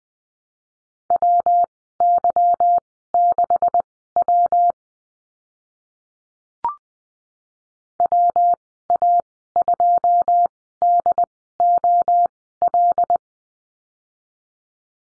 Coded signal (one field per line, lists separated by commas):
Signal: Morse code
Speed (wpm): 20 wpm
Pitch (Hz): 700 Hz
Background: none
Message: WY6W WA2DOL